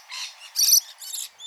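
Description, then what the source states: Rainbow Lorikeet calls: harsh, buzzy screeches in three short bursts, the middle one loudest and shrillest, then a fainter trailing note. Rainbow lorikeets feed with brushy tongues on the nectar of eucalyptus and other Australian plants, acting as pollinators.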